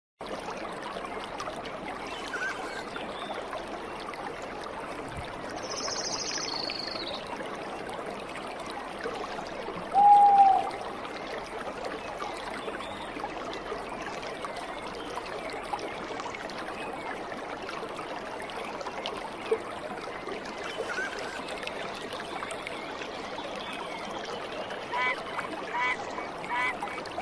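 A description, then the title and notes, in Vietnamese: A forest stream runs steadily throughout, a dense, even rush of water with no pauses. A high bird call sounds briefly around six seconds, and a short, louder whistle cuts through near ten seconds before the water carries on unchanged. Âm thanh tiếng nước suối chảy, chim hót trong rừng.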